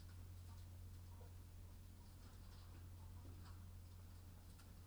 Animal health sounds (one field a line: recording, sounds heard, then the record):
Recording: poultry house recording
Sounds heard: sick chickens (respiratory disease)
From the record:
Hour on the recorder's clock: 22